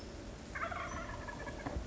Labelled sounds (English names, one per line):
Wild Turkey